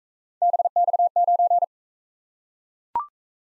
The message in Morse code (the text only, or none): BX9